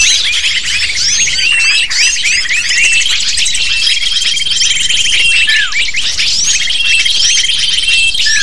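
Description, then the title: Many lovebirds calling at once, rapid shrill chirps and downslurred squeaks forming a constant chattering wall of sound. Lure recording (pikat) used to attract lovebirds. "PIKAT BURUNG LOVEBIRD"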